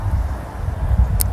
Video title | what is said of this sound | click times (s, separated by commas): 애플워치 스트랩 36종 최다 리뷰 !! 평균 가격 6천원??!! 알리익스프레스에서 구매하기 전에 직접 보고 사세요 | 누르고 딱 소리가 나오게 누고 뭐 그렇게 해줄 | 1.2 s